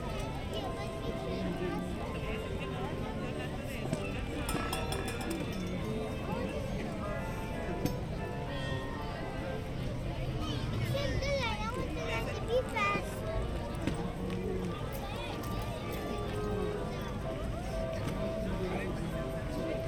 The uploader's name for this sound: The Main Street Electrical Parade (Disneyland) Binaural Recording